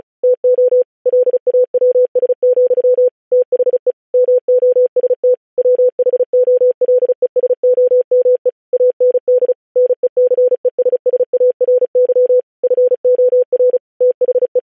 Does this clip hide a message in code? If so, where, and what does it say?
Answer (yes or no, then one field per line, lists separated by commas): yes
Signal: Morse code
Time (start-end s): 0.2-14.6 s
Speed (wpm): 36 wpm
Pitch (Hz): 500 Hz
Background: none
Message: TO LAWS, THE MOST WHOLESOME AND NECESSARY FOR THE